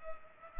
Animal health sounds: mosquito wingbeat signal from an infrared sensor; Culex pipiens

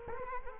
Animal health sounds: mosquito wingbeat signal from an infrared sensor; Culex quinquefasciatus

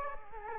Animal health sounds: mosquito wingbeat signal from an infrared sensor; Culex quinquefasciatus

